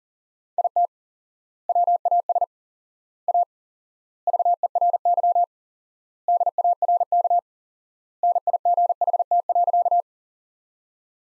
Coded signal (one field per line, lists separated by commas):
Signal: Morse code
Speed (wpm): 40 wpm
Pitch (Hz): 700 Hz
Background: none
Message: IT WAS A VERY DARK NIGHT.